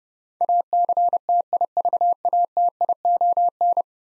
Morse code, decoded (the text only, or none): ACTIVATION